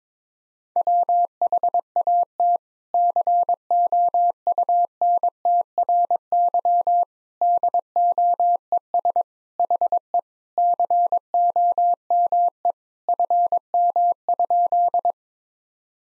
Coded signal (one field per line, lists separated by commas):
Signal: Morse code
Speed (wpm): 22 wpm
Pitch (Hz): 700 Hz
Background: none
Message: WHAT COUNTRY DOES HE COME FM?